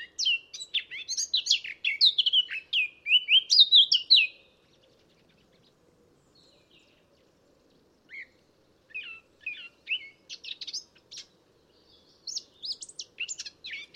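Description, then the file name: Eurasian blackcap song: a loud burst of rich, rapid warbling for about four seconds, then silence, followed by scattered softer chips and short twittering fragments. "Sylvia atricapilla"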